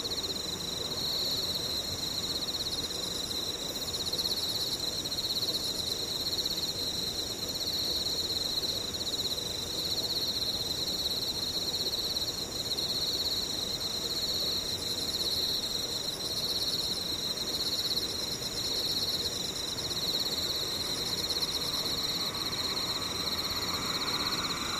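Insects trill in a steady, unbroken chorus, with a bright, pulsing whine holding at one pitch and thinner shrill layers above it. The level stays constant throughout over a faint low rumble. A soft, lower tone rises in near the end.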